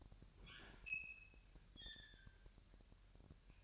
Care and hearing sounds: daily activity, microphone in the room; open fridge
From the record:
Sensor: 2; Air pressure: 1001.8 hPa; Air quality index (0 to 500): 245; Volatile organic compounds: 34 ppm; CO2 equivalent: 3045 ppm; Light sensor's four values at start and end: 8/28/11/10 and 8/28/11/10

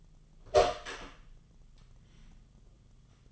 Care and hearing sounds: daily activity, microphone in the room; open door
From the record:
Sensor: 4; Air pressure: 1005.8 hPa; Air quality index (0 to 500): 87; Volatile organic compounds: 2 ppm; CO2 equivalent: 1067 ppm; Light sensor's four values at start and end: 14/31/12/11 and 13/30/12/11

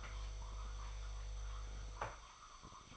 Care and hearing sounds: daily activity, microphone in the room; make coffee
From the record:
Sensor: 5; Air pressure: 995.3 hPa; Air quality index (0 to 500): 96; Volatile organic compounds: 5 ppm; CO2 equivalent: 1819 ppm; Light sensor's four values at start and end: 26/62/25/25 and 26/63/25/25

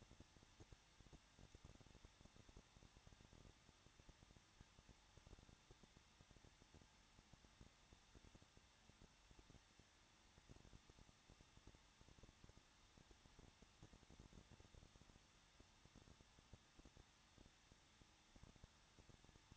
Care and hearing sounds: daily activity, microphone in the room; no activity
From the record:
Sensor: 3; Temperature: 21.2 degrees Celsius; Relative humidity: 36.3%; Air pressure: 1006.2 hPa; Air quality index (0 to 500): 222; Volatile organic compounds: 42 ppm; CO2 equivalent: 3175 ppm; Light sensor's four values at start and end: 2/3/2/2 and 2/3/2/2

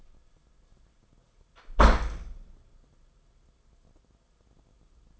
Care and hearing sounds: daily activity, microphone in the room; close door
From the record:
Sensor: 5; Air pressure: 994.4 hPa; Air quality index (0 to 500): 186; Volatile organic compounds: 1000 ppm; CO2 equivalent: 5480 ppm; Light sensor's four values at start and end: 15/38/15/18 and 14/35/14/16

